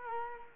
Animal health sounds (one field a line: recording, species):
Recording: mosquito wingbeat signal from an infrared sensor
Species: Culex quinquefasciatus